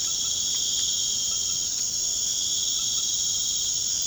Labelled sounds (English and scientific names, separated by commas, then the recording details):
none
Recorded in pastures near Puerto Asís, Putumayo, Colombia, on 30 June 2025 at 20:00
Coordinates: 0.497, -76.327
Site G040